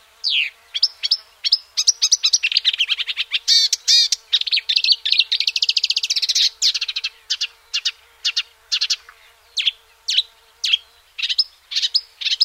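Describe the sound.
Marsh warbler singing a lively, varied medley of slurred whistles, harsh chatters and quick trills, slowing later into spaced sharp notes.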